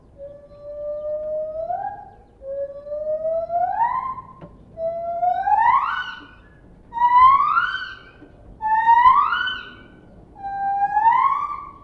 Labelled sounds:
Lar Gibbon

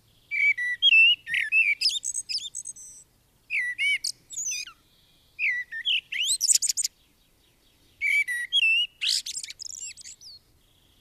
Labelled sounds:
Common Blackbird song

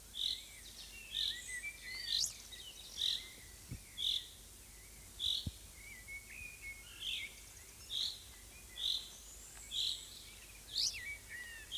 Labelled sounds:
Common Chaffinch call

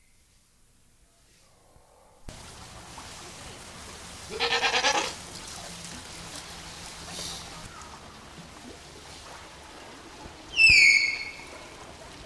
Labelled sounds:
Malayan Tapir call

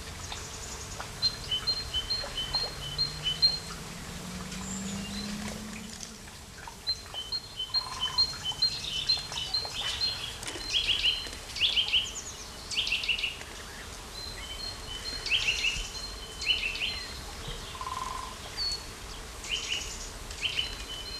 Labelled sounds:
Eurasian Nuthatch song

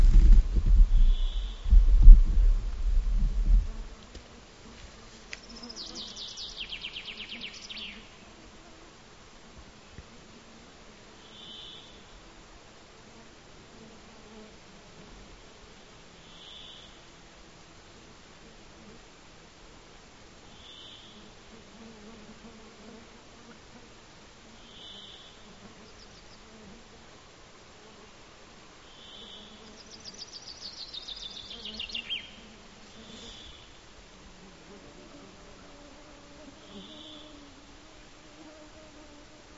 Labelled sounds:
Common Chaffinch song

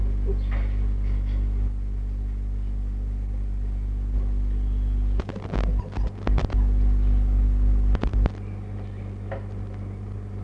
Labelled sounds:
Red Fox

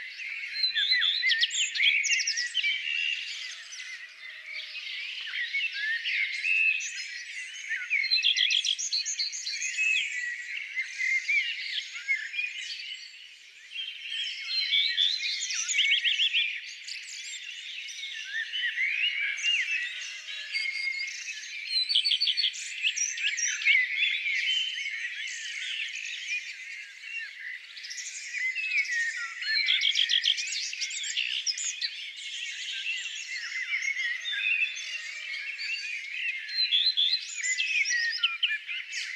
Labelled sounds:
Common Redstart song

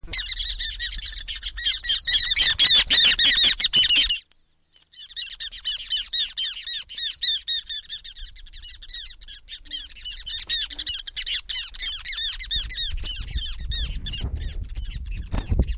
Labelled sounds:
Ruddy Turnstone call

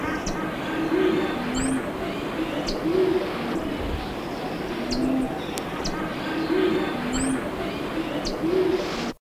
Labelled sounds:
Masked Tanager call

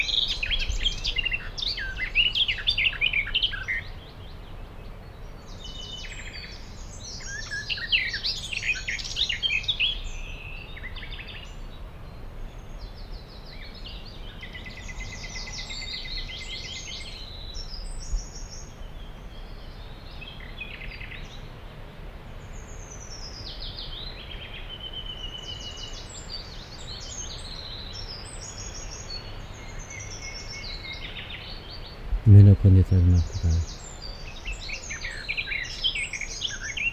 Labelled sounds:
Garden Warbler song

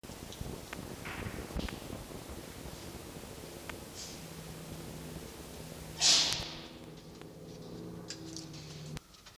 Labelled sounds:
Red Fox

